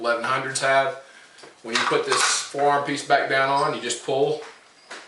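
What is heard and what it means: A Browning Maxus Hunter 2012 semi-auto shotgun with a 28-inch barrel and 3.5-inch chamber has its forearm piece pushed back onto the gun without unscrewing anything. Someone talks throughout, with a short handling knock near 4.9 seconds. Nothing has seated or clicked yet.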